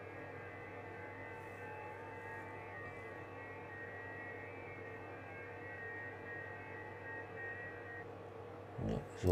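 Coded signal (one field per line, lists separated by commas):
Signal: FT8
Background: speech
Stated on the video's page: FT8 on HF during a solar storm with challenging conditions.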